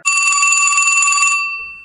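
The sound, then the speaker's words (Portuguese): A loud, bright telephone bell rings in one continuous metallic trill for over a second, then stops and leaves a short fading ring. No voices. “A partir de agora você já pode fazer o seu pedido pelo telefone”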